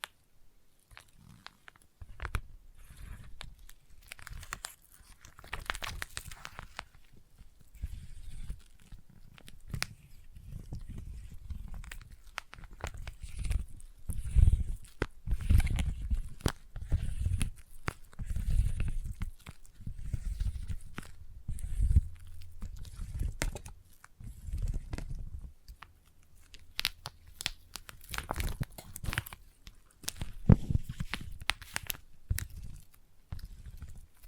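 Sticky tapping and sticky trigger sounds run continuously, a dense stream of wet, clicky taps with crunchy, chewing-like textures. Low thumps recur irregularly throughout, some louder around the middle and near thirty seconds, with brief quieter gaps near twenty-six seconds.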